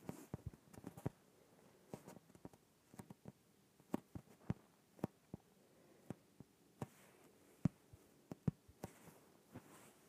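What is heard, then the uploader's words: An inflated yoga ball gives sharp, irregular thumps and taps, about two or three a second, over a quiet faint hiss. ASMR Inflated Yoga Ball.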